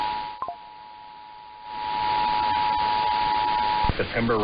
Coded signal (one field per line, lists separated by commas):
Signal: Emergency Alert System (SAME) tones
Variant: 853 and 960 Hz attention tone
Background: speech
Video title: The Day That Nevada Tested Late (EAS #13371-13380) 9/28/23